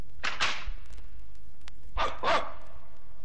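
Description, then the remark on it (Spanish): A dog barks twice in quick succession, falls silent for over a second, then lets out another pair of sharp, mid-pitched barks. No one speaks. “¡Madre mía! ¡Qué ojos grandes tiene este perro!”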